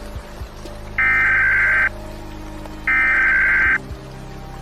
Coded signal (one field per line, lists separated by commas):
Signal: Emergency Alert System (SAME) tones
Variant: header bursts